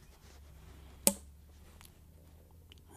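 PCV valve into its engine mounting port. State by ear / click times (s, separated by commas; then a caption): seated / 1.1 s. A drilled-out PCV valve from a 2010–2013 GM Camaro, modified because its holes were too small, is pushed by hand back into its plastic mounting port on the engine. One loud, sharp snap at 1.1 s marks it seating in place, followed by a few faint ticks over a low steady hum. The valve is seated.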